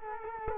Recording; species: mosquito wingbeat signal from an infrared sensor; Culex quinquefasciatus